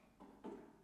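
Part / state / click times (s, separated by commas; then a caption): reformer foot bar into its rearmost position detent / not seated / none. A reformer foot bar is moved in travel mode all the way toward the back of the machine, heading for its rearmost position-six detent. Two soft sliding, rubbing bursts are heard, one around 0.2 s and a louder one around 0.45 s, over a quiet background. The foot bar has not clicked or seated yet.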